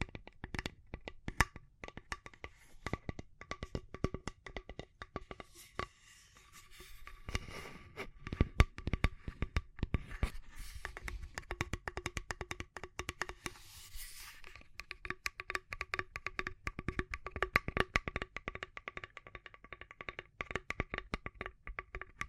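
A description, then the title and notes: Dense, rapid tapping and scratching, irregular sharp clicks throughout over a steady faint hum, busiest midway. ASMR Relaxing Tapping & Scratching Rode Mic Test (No Talking).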